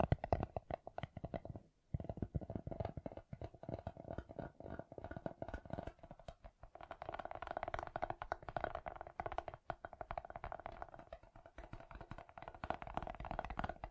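Gem-covered fingertips tap and scratch in a dense, rapid, uneven flurry of clicky ticks, with a brief pause near two seconds.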